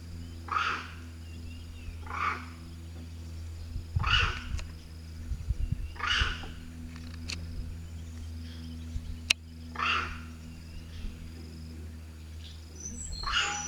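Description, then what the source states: Monkey giving harsh, breathy barking calls repeated every few seconds over a steady low electrical hum. Angry monkey.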